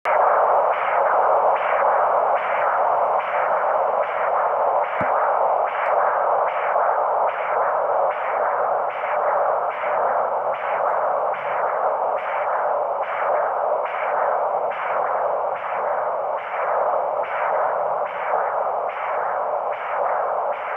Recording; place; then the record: Doppler ultrasound of blood flow; carotid artery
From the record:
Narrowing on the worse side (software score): occlusion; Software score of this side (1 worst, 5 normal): 1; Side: left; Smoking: never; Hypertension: yes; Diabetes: type 1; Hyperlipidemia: yes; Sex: female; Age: 69 years